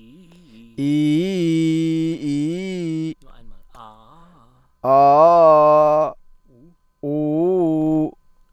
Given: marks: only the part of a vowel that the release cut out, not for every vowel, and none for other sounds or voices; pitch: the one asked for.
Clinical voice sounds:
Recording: sustained vowels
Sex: male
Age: 30 to 39 years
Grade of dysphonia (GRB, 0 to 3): 0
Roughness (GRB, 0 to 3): 0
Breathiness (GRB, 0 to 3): 0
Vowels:
0.84-2.04 s: vowel /i/, low-high-low pitch
4.90-5.96 s: vowel /a/, low-high-low pitch
7.08-8.00 s: vowel /u/, low-high-low pitch
From the record:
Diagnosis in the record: healthy voice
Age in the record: 31 years

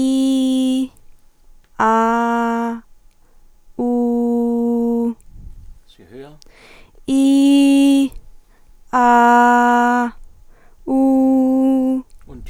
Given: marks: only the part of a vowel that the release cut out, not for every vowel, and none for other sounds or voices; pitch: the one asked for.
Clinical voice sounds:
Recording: sustained vowels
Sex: female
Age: 20 to 29 years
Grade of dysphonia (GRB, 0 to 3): 0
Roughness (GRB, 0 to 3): 0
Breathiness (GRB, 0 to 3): 0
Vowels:
0.00-0.72 s: vowel /i/, normal pitch
1.87-2.65 s: vowel /a/, normal pitch
3.91-4.99 s: vowel /u/, normal pitch
7.21-7.94 s: vowel /i/, high pitch
9.06-9.97 s: vowel /a/, high pitch
10.95-11.89 s: vowel /u/, high pitch
From the record:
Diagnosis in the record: healthy voice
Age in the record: 20 years

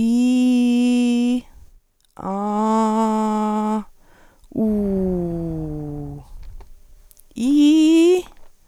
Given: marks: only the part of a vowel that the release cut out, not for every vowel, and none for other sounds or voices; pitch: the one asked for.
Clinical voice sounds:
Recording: sustained vowels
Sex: female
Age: 40 to 49 years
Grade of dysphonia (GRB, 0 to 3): 2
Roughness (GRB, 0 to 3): 0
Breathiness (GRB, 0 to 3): 0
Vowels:
0.00-1.29 s: vowel /i/, normal pitch
2.35-3.69 s: vowel /a/, normal pitch
4.65-5.92 s: vowel /u/, normal pitch
7.48-8.11 s: vowel /i/, high pitch
From the record:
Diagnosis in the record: hyperfunctional dysphonia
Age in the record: 49 years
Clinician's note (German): Leichte Form

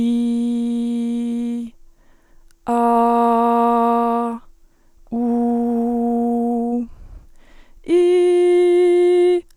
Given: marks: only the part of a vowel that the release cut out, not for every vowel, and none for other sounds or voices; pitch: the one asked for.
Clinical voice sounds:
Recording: sustained vowels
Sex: female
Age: 20 to 29 years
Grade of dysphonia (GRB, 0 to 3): 1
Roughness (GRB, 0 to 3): 1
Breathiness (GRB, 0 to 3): 0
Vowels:
0.00-1.47 s: vowel /i/, normal pitch
2.83-4.18 s: vowel /a/, normal pitch
5.26-6.65 s: vowel /u/, normal pitch
8.04-9.25 s: vowel /i/, high pitch
From the record:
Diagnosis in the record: dysodia (singing voice disorder)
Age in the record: 21 years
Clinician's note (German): Leichte funktionelle Form

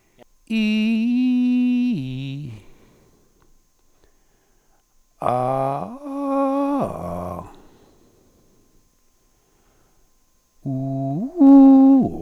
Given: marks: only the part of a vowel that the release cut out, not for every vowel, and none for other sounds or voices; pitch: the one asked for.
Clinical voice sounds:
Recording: sustained vowels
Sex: male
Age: 60 to 69 years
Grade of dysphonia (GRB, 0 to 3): 3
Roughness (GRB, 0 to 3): 3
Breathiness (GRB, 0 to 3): 2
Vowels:
0.77-2.35 s: vowel /i/, low-high-low pitch
5.45-6.87 s: vowel /a/, low-high-low pitch
10.93-11.95 s: vowel /u/, low-high-low pitch
From the record:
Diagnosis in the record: hyperfunctional dysphonia, contact pachydermia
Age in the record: 63 years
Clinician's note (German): Kontaktpachydermie ohne "Kontaktpachydermie"

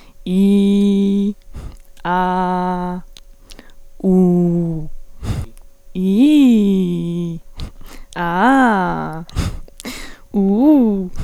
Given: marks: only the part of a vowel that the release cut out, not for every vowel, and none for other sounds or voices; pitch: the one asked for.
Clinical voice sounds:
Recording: sustained vowels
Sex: female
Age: 20 to 29 years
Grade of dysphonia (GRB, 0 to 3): 0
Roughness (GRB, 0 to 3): 0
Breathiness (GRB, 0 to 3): 0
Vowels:
0.43-1.17 s: vowel /i/, low pitch
2.18-2.88 s: vowel /a/, low pitch
4.12-4.74 s: vowel /u/, low pitch
6.06-7.25 s: vowel /i/, low-high-low pitch
8.27-9.09 s: vowel /a/, low-high-low pitch
10.42-11.02 s: vowel /u/, low-high-low pitch
From the record:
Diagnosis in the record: healthy voice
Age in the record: 21 years

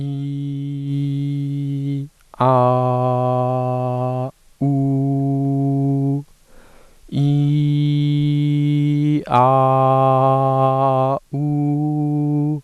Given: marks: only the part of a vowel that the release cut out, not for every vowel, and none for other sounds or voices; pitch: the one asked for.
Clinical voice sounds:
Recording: sustained vowels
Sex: male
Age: 18 to 19 years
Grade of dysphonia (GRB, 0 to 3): 0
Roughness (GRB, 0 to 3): 0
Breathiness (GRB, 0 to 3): 0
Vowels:
0.00-1.93 s: vowel /i/, normal pitch
2.48-4.18 s: vowel /a/, normal pitch
4.69-6.10 s: vowel /u/, normal pitch
7.25-9.05 s: vowel /i/, high pitch
9.42-11.07 s: vowel /a/, high pitch
11.40-12.49 s: vowel /u/, high pitch
From the record:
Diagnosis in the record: healthy voice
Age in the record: 19 years

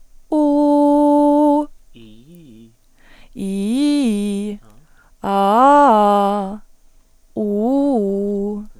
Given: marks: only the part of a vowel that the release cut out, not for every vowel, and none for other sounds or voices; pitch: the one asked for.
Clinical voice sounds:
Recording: sustained vowels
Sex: female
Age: 20 to 29 years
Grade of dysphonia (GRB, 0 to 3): 1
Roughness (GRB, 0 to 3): 1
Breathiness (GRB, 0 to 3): 0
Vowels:
0.42-1.47 s: vowel /u/, high pitch
3.46-4.41 s: vowel /i/, low-high-low pitch
5.32-6.34 s: vowel /a/, low-high-low pitch
7.45-8.47 s: vowel /u/, low-high-low pitch
From the record:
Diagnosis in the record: dysodia (singing voice disorder)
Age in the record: 21 years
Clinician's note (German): Beginnende Phonationsverdickung, links größer rechts

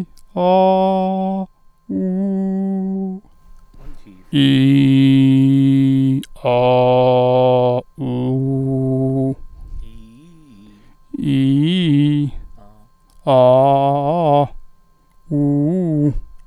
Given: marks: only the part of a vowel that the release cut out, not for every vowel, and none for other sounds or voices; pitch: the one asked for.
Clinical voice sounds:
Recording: sustained vowels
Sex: male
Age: 30 to 39 years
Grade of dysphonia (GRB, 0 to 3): 0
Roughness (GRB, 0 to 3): 0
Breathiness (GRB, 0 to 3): 0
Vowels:
0.44-1.35 s: vowel /a/, high pitch
2.05-2.92 s: vowel /u/, high pitch
4.48-6.08 s: vowel /i/, low pitch
6.53-7.71 s: vowel /a/, low pitch
8.10-9.26 s: vowel /u/, low pitch
11.35-12.21 s: vowel /i/, low-high-low pitch
13.33-14.38 s: vowel /a/, low-high-low pitch
15.37-16.06 s: vowel /u/, low-high-low pitch
From the record:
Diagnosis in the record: healthy voice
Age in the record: 32 years

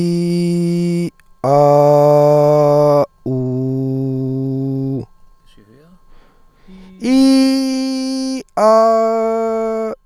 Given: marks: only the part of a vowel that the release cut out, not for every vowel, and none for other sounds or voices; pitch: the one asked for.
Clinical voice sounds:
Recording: sustained vowels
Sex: male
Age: 30 to 39 years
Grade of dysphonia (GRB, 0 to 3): 1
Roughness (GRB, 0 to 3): 1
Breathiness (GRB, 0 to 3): 0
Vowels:
0.00-1.01 s: vowel /i/, normal pitch
1.52-2.95 s: vowel /a/, normal pitch
3.35-4.88 s: vowel /u/, normal pitch
7.12-8.30 s: vowel /i/, high pitch
8.74-9.80 s: vowel /a/, high pitch
From the record:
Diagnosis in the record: healthy voice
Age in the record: 37 years

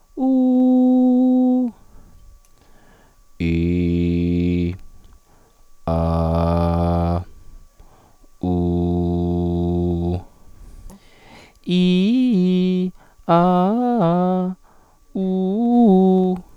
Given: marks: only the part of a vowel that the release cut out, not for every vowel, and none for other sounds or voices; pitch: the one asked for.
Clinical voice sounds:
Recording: sustained vowels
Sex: male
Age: 30 to 39 years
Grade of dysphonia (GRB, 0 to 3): 0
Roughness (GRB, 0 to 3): 0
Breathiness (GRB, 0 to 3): 0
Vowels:
0.29-1.56 s: vowel /u/, high pitch
3.52-4.64 s: vowel /i/, low pitch
5.95-7.12 s: vowel /a/, low pitch
8.57-9.93 s: vowel /u/, low pitch
11.75-12.82 s: vowel /i/, low-high-low pitch
13.37-14.43 s: vowel /a/, low-high-low pitch
15.25-16.27 s: vowel /u/, low-high-low pitch
From the record:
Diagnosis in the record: contact pachydermia, hyperfunctional dysphonia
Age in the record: 34 years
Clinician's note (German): Kontaktpachydermie rechts

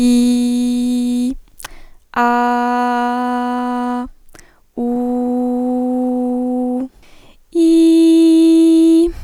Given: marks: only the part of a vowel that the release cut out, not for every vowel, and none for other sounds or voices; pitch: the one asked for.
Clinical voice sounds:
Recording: sustained vowels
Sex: female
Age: 20 to 29 years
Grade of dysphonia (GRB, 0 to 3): 0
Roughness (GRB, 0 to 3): 0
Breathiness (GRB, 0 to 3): 0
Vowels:
0.00-1.22 s: vowel /i/, normal pitch
2.30-3.90 s: vowel /a/, normal pitch
4.98-6.63 s: vowel /u/, normal pitch
7.70-8.90 s: vowel /i/, high pitch
From the record:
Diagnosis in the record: healthy voice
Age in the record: 20 years

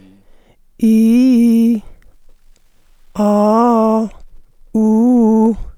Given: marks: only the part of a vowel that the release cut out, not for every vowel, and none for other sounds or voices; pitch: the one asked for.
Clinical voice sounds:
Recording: sustained vowels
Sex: female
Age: 40 to 49 years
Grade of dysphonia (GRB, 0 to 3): 2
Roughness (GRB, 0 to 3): 0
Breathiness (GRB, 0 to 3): 2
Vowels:
0.90-1.71 s: vowel /i/, low-high-low pitch
3.27-3.97 s: vowel /a/, low-high-low pitch
4.81-5.48 s: vowel /u/, low-high-low pitch
From the record:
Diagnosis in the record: dysphonia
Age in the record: 46 years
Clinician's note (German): psychogene kompensierte Dysphonie bei Zustand nach Ödemabtragung

